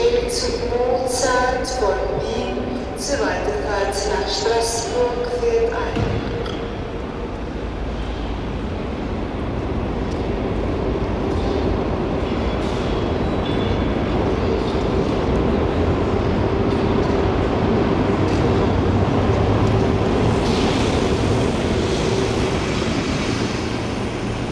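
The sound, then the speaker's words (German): Train station ambience: a few seconds of tonal squeals and chimes give way to a steady, loud rumble of rolling trains, with indistinct voices murmuring underneath. “So kamen sie früh zum Bahnhof.”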